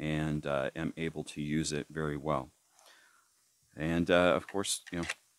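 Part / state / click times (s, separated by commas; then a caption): knife into its molded sheath / not seated / none. Someone talks while handling a fixed-blade knife and its molded plastic sheath, which is molded around the handle to hold the knife firmly. A soft, faint rustle is heard at about 2.8 s during a pause in the talking. Nothing has snapped into the sheath yet.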